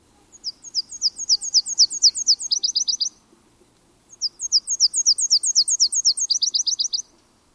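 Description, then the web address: Nashville warbler song, two bursts of high, thin repeated notes, each opening with a steady series and finishing in a quicker, lower trill, with a pause between songs. "Thumbs Plus Zoo Field Guide Repository"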